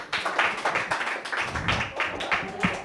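An audience applauds, a dense, steady patter of many hands clapping at once, fairly loud and sustained throughout with no voices rising above it.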